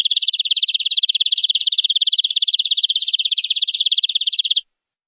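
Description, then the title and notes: Canary song: a long, uniform trill of rapidly repeated high notes lasting over four seconds, then silence. "BM Suara Kenari. BM Suara Burung Kenari"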